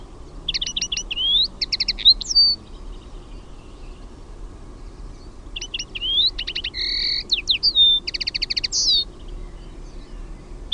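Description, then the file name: Common linnet song, two bursts of rapid twittering: quick trills, buzzy rattles and short whistled notes, separated by a pause, over a steady low rumble. "HEMPPO"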